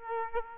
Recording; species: mosquito wingbeat signal from an infrared sensor; Aedes aegypti